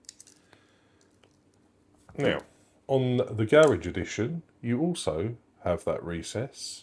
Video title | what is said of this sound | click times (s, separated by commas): I Disassembled the Leatherman Garage 008 to Fix Its Biggest Problem! | As you can see, it's not straight, but as soon as you press it, it will click in and hold it together. | 0.1 s